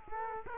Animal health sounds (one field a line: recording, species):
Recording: mosquito wingbeat signal from an infrared sensor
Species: Culex quinquefasciatus